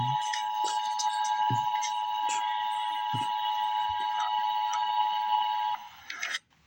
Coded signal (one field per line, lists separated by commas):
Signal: Emergency Alert System (SAME) tones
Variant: 853 and 960 Hz attention tone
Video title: Emergency Alert System - Special Weather Statement - Dec 4, 2024 at 9:49 PM EST